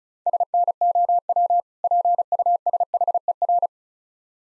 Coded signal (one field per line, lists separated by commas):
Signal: Morse code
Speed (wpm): 40 wpm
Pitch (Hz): 700 Hz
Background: none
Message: SNOW PUSHER